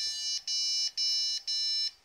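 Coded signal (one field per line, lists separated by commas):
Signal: beep code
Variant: Supermicro BIOS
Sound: four evenly spaced long buzzy beeps, clip ends before a possible fifth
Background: small room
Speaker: five you you hopefully you heard that five long beeps it says like it's a keyboard thing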